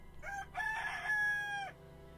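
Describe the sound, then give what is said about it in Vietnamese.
A rooster crows once, a loud, drawn-out cock-a-doodle-doo with a short opening note and a long, wavering high-pitched call that rises, holds, then tails off. “Mãi cho đến tận khi có tiếng gà gáy vang lên, con Mai mới lặng lẽ trở vào giường rồi nằm xuống ngủ tiếp.”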